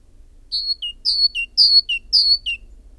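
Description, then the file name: Great tit song: four repeats of a high falling whistle followed by a shorter lower note, evenly spaced in a quiet setting. "Parus major"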